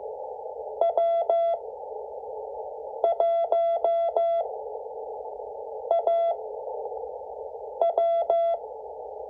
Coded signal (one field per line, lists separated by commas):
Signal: Morse code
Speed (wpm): 14 wpm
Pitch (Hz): 670 Hz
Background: none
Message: W1AW